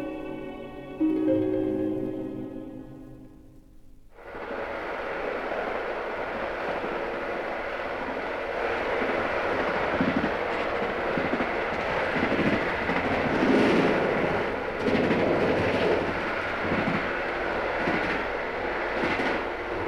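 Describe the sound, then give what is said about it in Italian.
A train leaving a station sounds a long, tonal whistle for a few seconds, then the heavy, steady rumble and rattle of the moving train takes over and continues without any voices. “Treno lascia la stazione, partiamo in tanti per necessità”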